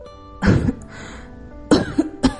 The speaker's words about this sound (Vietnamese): Nàng hít vào một hơi, ho khan mấy tiếng lại tiếp tục.